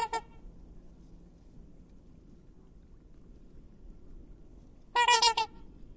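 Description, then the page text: Black swan with a brief honk at the opening, a long quiet stretch, then a rapid stuttered series of nasal harmonic notes near the end. Feeds on aquatic plants and algae; lives in Australian lagoons, estuaries and marshes; highly social, migratory; pairs for life, building floating nests with up to 6 eggs. "Cisne Negro (Cygnus atratus). Aves Fantásticas"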